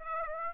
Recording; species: mosquito wingbeat signal from an infrared sensor; Aedes aegypti